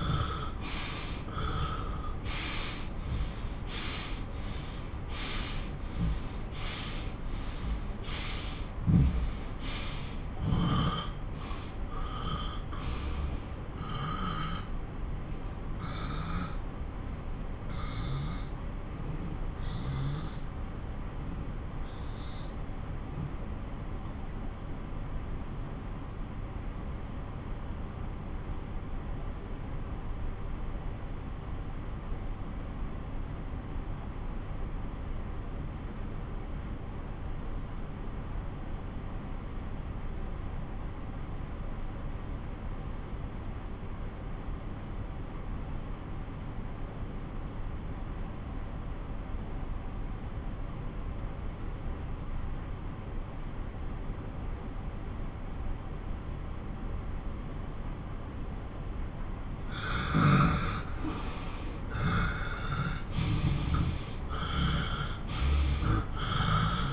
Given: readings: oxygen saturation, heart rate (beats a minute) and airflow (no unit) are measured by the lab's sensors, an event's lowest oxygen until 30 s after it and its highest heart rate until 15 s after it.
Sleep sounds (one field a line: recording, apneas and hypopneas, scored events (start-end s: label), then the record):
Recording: breathing in sleep by a smartphone at the bedside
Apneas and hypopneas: 1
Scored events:
12.00-66.93 s: new sleep stage, N2 (light sleep)
13.00-61.30 s: obstructive apnea (N2, oxygen 97% highest, then 89% lowest)
From the record:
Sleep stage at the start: N1 (lightest sleep)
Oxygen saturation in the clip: 85 to 97%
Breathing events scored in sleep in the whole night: 217 in 6.3 hours asleep